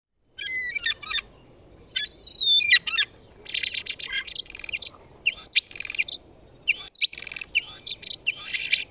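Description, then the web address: Bird calls: clusters of high chirps and whistled notes sliding up and down, mixed with short buzzy, rattling bursts, in bouts separated by brief pauses. "Eyewitness Birds"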